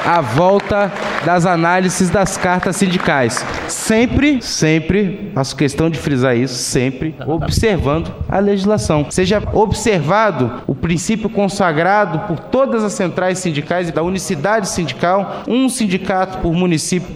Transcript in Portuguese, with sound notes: a volta das análises das Cartas Sindicais (muitas palmas) Sempre, sempre faço questão de frisar isto, observando a Legislação, seja observado o princípio consagrado por todas as Centrais Sindicais da unicidade sindical, um sindicato por município.